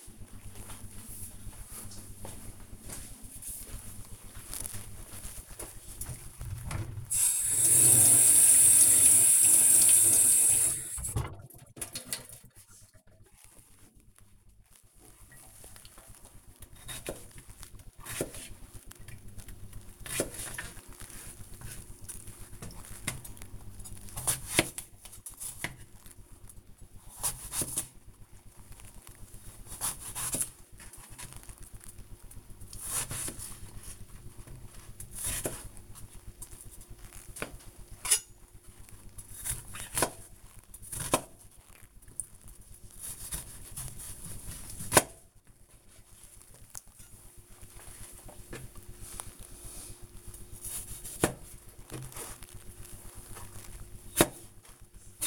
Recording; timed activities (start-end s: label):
household activities, microphone on the right wrist
12.22-55.27 s: cutting vegetables